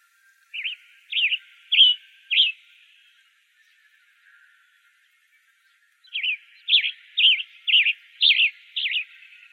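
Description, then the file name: Western tanager calling in two bursts of short, clipped chirps, four notes then six, with a quiet pause between the series. Recorded in Arizona on May 23, 2008. "WETA 5 deviche"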